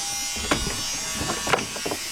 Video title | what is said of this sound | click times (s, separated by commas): ⭐ 2007 Chevy Tahoe - 5.3 - Right Side (Passenger) Outside Mirror Replacement | I'm gonna pop that little clip out. | 1.5 s